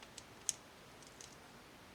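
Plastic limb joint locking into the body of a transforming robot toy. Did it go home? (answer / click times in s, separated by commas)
yes / 0.5 s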